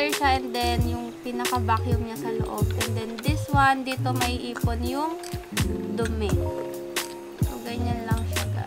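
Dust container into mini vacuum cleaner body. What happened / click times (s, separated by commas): The dust bin is handled but not yet locked in place / none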